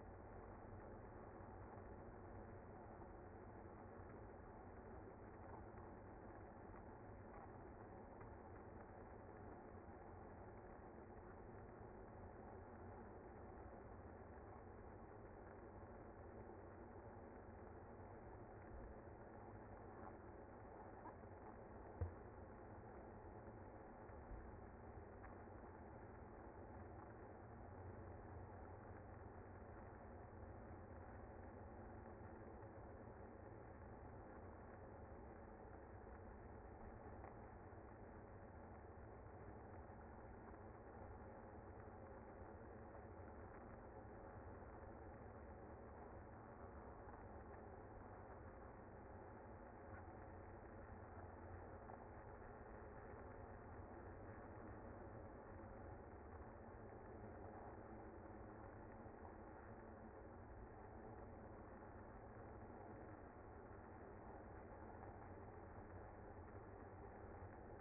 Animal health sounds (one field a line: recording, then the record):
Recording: honeybee colony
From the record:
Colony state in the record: active